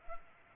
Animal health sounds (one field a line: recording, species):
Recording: mosquito wingbeat signal from an infrared sensor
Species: Culex pipiens